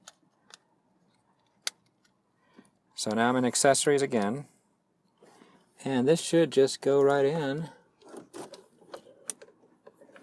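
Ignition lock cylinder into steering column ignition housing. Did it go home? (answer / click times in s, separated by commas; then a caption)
yes / 9.3 s. A new metal ignition key lock cylinder, with the key in it, is pushed into the steering column ignition housing of a 2000 Toyota Sienna minivan until its retaining pin catches. Someone talks, then a few light clicks and taps are followed by a sharp click at 9.3 s as the cylinder seats in the housing.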